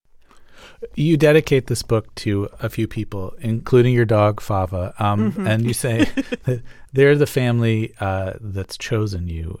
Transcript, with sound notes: You dedicate this book to a few people, including your dog, Fava.
(Laughter).
And you say they're the family that's chosen you.